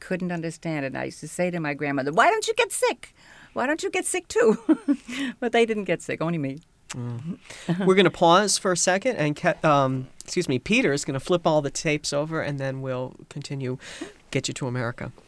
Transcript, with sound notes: I couldn't understand it. And I used to say to my grandmother, "Why don't you get sick? Why don't you get sick, too?" ( she laughs ) But they didn't get sick. Only me.
We're gonna pause for a second and Kevin, excuse me, Peter is going to flip all the tapes over and then we'll continue, get you to America.